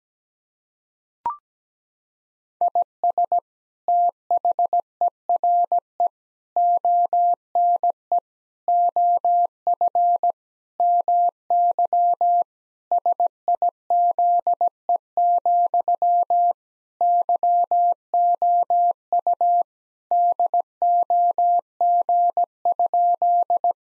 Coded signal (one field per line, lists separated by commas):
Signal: Morse code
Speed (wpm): 17 wpm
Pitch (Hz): 700 Hz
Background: none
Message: IS THERE ONE OF MY SIZE, YOU DOG?